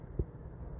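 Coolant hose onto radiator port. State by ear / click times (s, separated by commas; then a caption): not seated / none. A fat coolant hose connection is handled and pushed toward its radiator port during a 2003 BMW 325i radiator installation. A brief low, dull bump sounds at about 0.2 s over a steady low background rumble. Nothing has seated or clicked yet.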